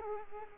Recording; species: mosquito wingbeat signal from an infrared sensor; Culex quinquefasciatus